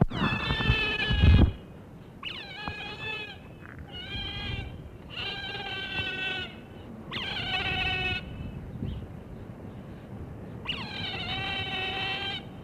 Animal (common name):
European Otter